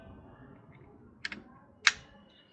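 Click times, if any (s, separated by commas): 1.9 s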